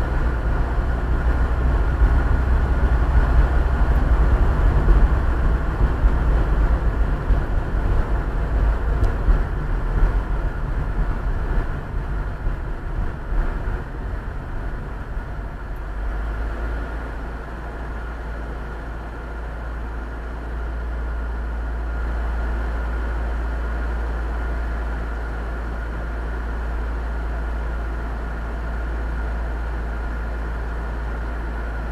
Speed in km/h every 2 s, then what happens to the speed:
33, 35, 36, 35, 32, 29, 25, 17, 8, 0, 0, 0, 0, 0, 0, 0.
0-5 steady at about 35. 5-18 slows to 0. 18-32 standing.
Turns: none.